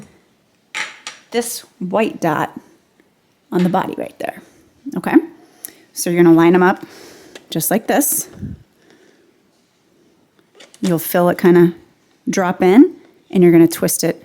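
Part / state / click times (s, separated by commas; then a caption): interchangeable lens into DSLR body mount / not seated / none. Someone talks while an interchangeable lens is lined up with the mount of a Nikon D3100 DSLR body, the white dot on the lens matched to the dot on the body before the lens drops into the mount. Faint handling knocks are heard between the speech, near 3.0, 8.9 and 10.4–10.6 seconds. Nothing has seated or clicked yet; the twist and click come after this stretch.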